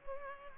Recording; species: mosquito wingbeat signal from an infrared sensor; Culex pipiens